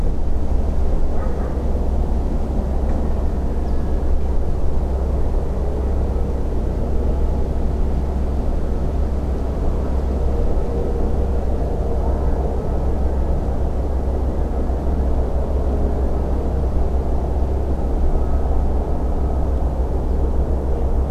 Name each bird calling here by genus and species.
Emberiza hortulana